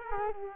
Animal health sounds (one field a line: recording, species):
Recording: mosquito wingbeat signal from an infrared sensor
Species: Culex quinquefasciatus